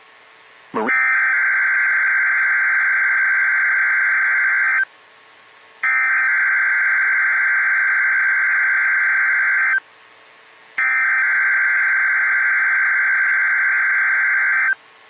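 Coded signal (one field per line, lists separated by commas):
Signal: Emergency Alert System (SAME) tones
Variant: header bursts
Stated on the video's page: Required Weekly Test from a weather radio station.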